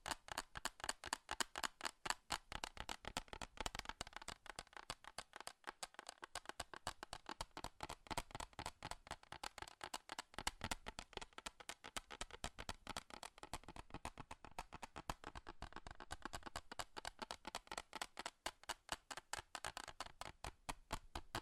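Fast, furious tapping on metal, a dense run of sharp, bright clicks that barely pauses across the whole stretch. The taps come in quick, slightly uneven bursts at a steady overall pace, each one crisp and ringing with little low end beneath.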